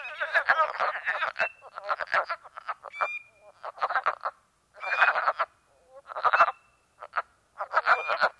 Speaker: We sit before a small woodland pool full of cackling wood frogs, their excitement muted by the chilling air.